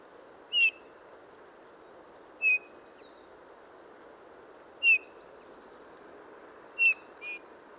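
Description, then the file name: Eurasian bullfinch call notes: brief soft whistles repeated at uneven intervals of two seconds or so, over a constant low hiss. "Pyrrhula pyrrhula"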